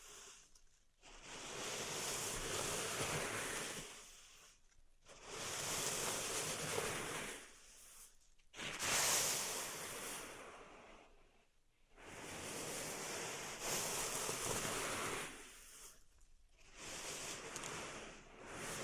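Pink salt in a zen garden is stirred in long, rushing strokes, each a soft, bright hiss lasting two to three seconds. About six strokes come at a fairly regular pace, separated by brief silent pauses, with a low rumble under the hiss.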